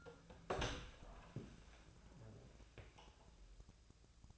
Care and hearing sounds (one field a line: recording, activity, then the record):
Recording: daily activity, microphone in the room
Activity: open door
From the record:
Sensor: 2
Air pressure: 1000.4 hPa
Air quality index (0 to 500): 175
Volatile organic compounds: 3 ppm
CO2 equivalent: 1454 ppm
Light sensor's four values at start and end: 9/22/9/10 and 9/23/9/10